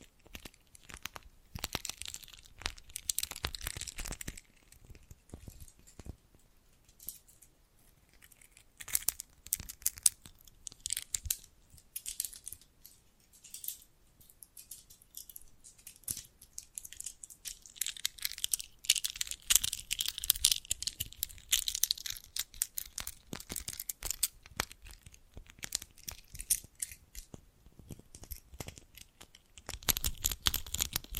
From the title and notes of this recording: ASMR Sensitive & Sleepy Triggers Bracelets and Jewelry Boxes (No Talking).